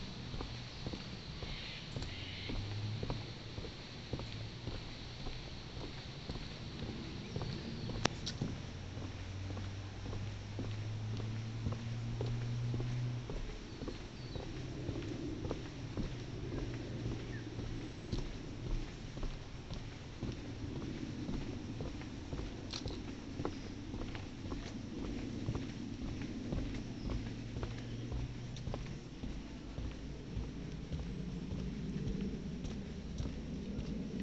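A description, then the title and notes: Outdoor sounds with a steady low rumble and a faint engine-like hum that rises in pitch briefly around eight to thirteen seconds. Scattered soft clicks and taps, possibly footsteps, run throughout, with a sharper knock near eight seconds. Yuelarbah Track. Nature, footsteps, outside sounds.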